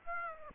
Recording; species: mosquito wingbeat signal from an infrared sensor; Aedes aegypti